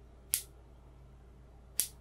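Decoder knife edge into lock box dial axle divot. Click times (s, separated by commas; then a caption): 0.3 s, 1.8 s. A metal decoder knife edge on the axle of a ShurLok SL-200W key lock box clicks into the dial axle divot as the wheel is worked, the click being the sign to look for on each wheel. Two sharp, bright metallic clicks sound at 0.3 s and 1.8 s over a faint low hum. The knife edge is confirmed seated in the divot.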